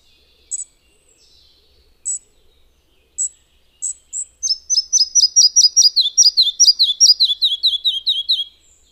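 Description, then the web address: Red-breasted flycatcher song: a few separate high chips, then a quick run of many bright repeated notes that falls steadily in pitch toward the end. "agykontroll Madardalok Cd 1. Kis légykapó"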